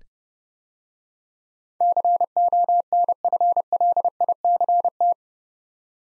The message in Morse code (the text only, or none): CONFLICT